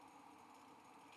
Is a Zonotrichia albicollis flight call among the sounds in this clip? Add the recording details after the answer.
no. No flight call is heard. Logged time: 05:50 on 5 December 2014